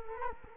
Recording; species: mosquito wingbeat signal from an infrared sensor; Culex quinquefasciatus